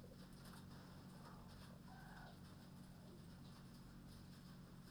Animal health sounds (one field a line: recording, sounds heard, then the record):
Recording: poultry house recording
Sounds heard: healthy chickens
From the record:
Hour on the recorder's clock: 21